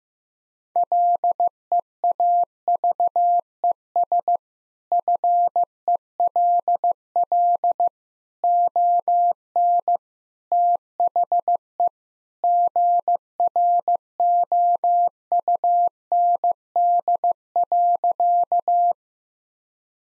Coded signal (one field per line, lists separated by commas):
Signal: Morse code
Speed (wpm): 15 wpm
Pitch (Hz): 700 Hz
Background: none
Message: LEAVES FELL ON THE GROUND.